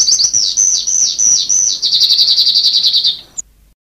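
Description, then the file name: Sanma bird singing a rapid run of high, thin chirps, first slurred notes, then a quicker stuttering trill. "suara burung sanma"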